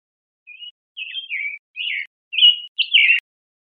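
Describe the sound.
Summer tanager calls: a run of six staccato, chattering notes, growing louder toward the end, about two per second, ending with a brief click.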